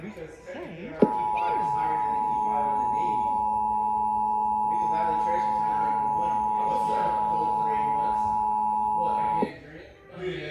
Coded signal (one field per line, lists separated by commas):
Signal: Emergency Alert System (SAME) tones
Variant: 853 and 960 Hz attention tone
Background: speech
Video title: Emergency Alert System: Required Monthly Test #2 2018